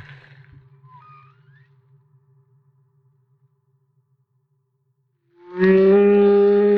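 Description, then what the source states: Humpback whale song: faint trailing tones and soft whistles, then a loud harmonic moan. Maui.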